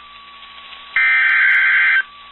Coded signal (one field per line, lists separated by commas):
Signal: Emergency Alert System (SAME) tones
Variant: header bursts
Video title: STORMS AND TESTS PART 4... EAS Alerts from 5/24/23 - 5/28/23 (EAS #2,316 - 2,345)